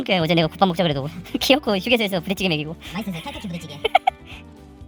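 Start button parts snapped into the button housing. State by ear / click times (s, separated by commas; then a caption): seated / 4.1 s. While someone talks over music, the repaired start button parts of a second-generation Tiguan are reassembled and snapped into the button housing. A sharp click is heard at 4.1 s as the assembly seats, and the result is judged perfect.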